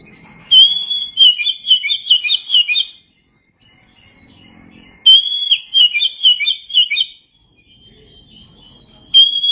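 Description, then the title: Oriental magpie-robin song: bright whistled phrases opening on a long clear note, then rapid varied chirps, in two bursts of about two to two and a half seconds separated by silence, with a third beginning at the end. "Suara Kicauan Burung Kacer"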